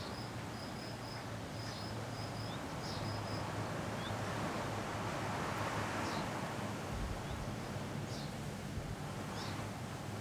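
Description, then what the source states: Cicada giving a few high pulsed bursts in the first seconds, then falling silent, while loud wind blows. Single cicada hiding in the recordist's garden all week; recorded on a day of constant mistral wind blowing through a pine tree.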